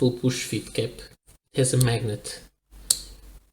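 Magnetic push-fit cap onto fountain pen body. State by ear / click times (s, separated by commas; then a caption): seated / 2.9 s. A magnetic push-fit cap is pushed onto a fountain pen body while someone talks. The cap closes with one sharp tick at 2.9 seconds, showing it has seated.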